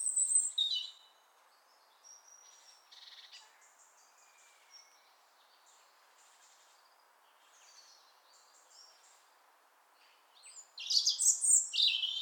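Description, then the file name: European robin song: a high warbled phrase, then a long stretch of faint scratchy, thin notes, ending in a loud burst of fast, tinkling, high phrases. "Erithacus rubecula"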